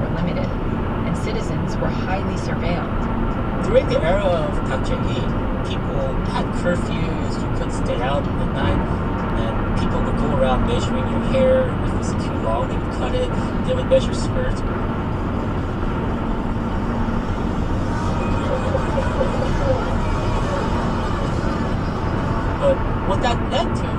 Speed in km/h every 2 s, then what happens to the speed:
121, 121, 122, 122, 122, 124, 124, 124, 122, 122, 122, 121.
0-24 steady at about 122.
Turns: none.